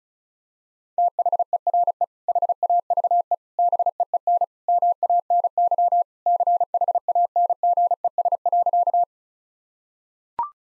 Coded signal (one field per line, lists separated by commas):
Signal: Morse code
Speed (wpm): 36 wpm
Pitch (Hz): 700 Hz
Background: none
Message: THERE HAVE BEEN MANY CHANGES.